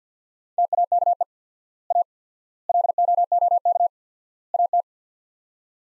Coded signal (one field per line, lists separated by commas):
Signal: Morse code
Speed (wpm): 50 wpm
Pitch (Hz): 700 Hz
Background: none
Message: TAKE A LOOK AT